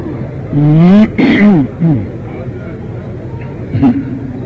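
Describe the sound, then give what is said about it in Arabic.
A low, steady rumble of road traffic at a busy traffic light fills the background while a person's voice rises and falls over it for the first couple of seconds, then the engine drone carries on alone. “زحمة هذه الإشارة.”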